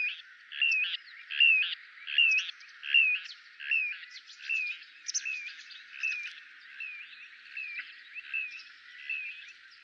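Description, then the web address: Little ringed plover giving rhythmic, slurred 'pree-ah' notes, each rising then dropping, repeated about every three-quarters of a second and fading gradually. "kleine plevier"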